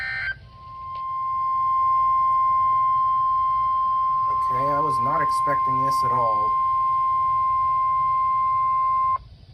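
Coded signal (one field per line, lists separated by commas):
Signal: Emergency Alert System (SAME) tones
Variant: 1050 Hz attention tone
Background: speech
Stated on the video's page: Series of EAS alerts from Wakefield.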